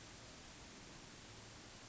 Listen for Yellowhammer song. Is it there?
no